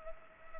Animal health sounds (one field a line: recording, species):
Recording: mosquito wingbeat signal from an infrared sensor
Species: Culex pipiens